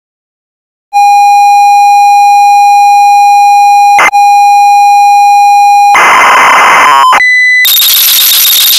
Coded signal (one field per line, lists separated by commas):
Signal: ZX Spectrum tape loading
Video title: ZX Spectrum Game: SBugetti Junction - 1986 - Bug-Byte Software Ltd - Turbo Loader 11 kbps